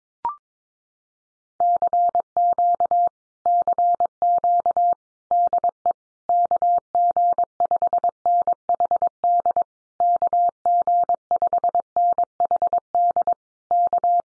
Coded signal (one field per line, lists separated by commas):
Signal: Morse code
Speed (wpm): 22 wpm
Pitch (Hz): 700 Hz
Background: none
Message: CQ CQ DE KG5NHD KG5NHD K